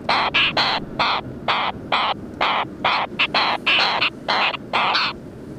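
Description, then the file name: Wilson's storm petrel giving harsh, raspy chattering notes in short, slightly irregular bursts over steady low background noise. "Wilsons Storm Petrel Oceanites oceanicus"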